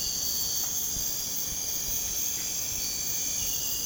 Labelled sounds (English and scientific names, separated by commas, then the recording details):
none
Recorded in pastures near Puerto Asís, Putumayo, Colombia, on 23 June 2025 at 02:30
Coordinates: 0.496, -76.326
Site GP01